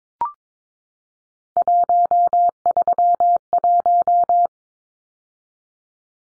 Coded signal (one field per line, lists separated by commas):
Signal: Morse code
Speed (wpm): 22 wpm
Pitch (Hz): 700 Hz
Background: none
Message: 131